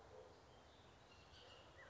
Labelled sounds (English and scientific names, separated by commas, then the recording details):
Bullock's Oriole (Icterus bullockii)
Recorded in Sonoma County, California